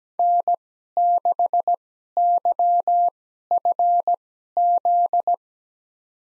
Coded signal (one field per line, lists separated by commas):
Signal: Morse code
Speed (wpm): 17 wpm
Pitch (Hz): 700 Hz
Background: none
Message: N6YFZ